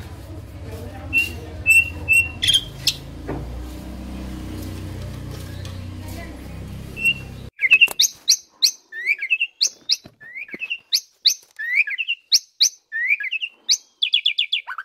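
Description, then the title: Asian pied starling song: after a hum-filled start with faint notes, rapid sharp chirps and slurred whistles in quick repeated runs. Masteran (training recording) of Asian pied starling song for birds that sing too little or are sluggish. "Masteran Jalak Suren Atasi Burung KURANG GACOR Dan LOYO"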